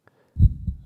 Someone who has arterial buildup.